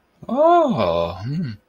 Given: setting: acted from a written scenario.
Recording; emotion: vocal sound without words; interest